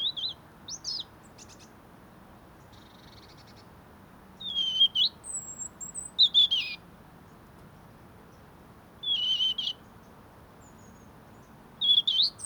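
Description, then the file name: European robin singing varied high phrases, thin whistles, a soft rattle and trills, spaced by pauses of a few seconds, over steady low background noise. "Erithacus rubecula"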